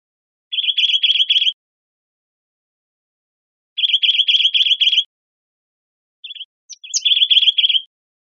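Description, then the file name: Bridled titmouse calling in three bursts of rapid, chattering high notes, each burst about a second long, with a few short separate notes before the last, otherwise silent. Arizona. "BRTI 5 Deviche"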